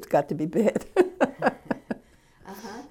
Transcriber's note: she laughs